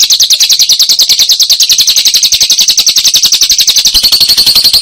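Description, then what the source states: Lovebird trill: a very rapid, high, buzzy chatter held throughout, its pitch evening out near the end. Used as masteran, training material for other songbirds.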